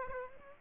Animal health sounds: mosquito wingbeat signal from an infrared sensor; Aedes aegypti

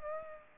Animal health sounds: mosquito wingbeat signal from an infrared sensor; Aedes aegypti

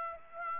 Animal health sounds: mosquito wingbeat signal from an infrared sensor; Aedes aegypti

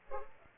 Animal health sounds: mosquito wingbeat signal from an infrared sensor; Culex pipiens

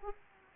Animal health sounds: mosquito wingbeat signal from an infrared sensor; Aedes aegypti

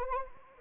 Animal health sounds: mosquito wingbeat signal from an infrared sensor; Anopheles arabiensis

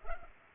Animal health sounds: mosquito wingbeat signal from an infrared sensor; Culex pipiens

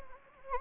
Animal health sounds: mosquito wingbeat signal from an infrared sensor; Anopheles gambiae

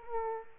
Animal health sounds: mosquito wingbeat signal from an infrared sensor; Culex pipiens

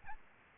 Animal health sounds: mosquito wingbeat signal from an infrared sensor; Aedes albopictus

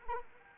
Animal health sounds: mosquito wingbeat signal from an infrared sensor; Anopheles arabiensis

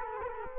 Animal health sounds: mosquito wingbeat signal from an infrared sensor; Culex quinquefasciatus

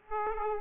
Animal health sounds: mosquito wingbeat signal from an infrared sensor; Aedes aegypti

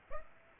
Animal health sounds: mosquito wingbeat signal from an infrared sensor; Aedes aegypti

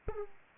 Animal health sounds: mosquito wingbeat signal from an infrared sensor; Aedes aegypti

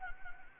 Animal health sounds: mosquito wingbeat signal from an infrared sensor; Anopheles gambiae

